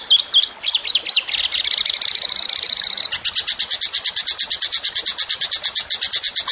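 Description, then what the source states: Bird giving a few looping whistles, then a fast string of high notes that changes into a rapid, regular chipping trill. Songbird singing actively (gacor) in 'tembakan' style, for training songbirds (masteran).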